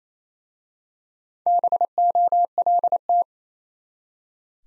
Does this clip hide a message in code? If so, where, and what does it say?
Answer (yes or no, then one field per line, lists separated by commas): yes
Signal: Morse code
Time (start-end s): 1.5-3.2 s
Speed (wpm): 27 wpm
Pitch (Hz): 700 Hz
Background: none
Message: BOLT